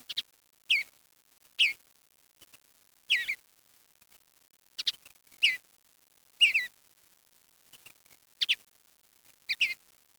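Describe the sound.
Bird calls: short, sharp, high notes that slide downward, given singly or in quick pairs at uneven intervals, with near-silence between.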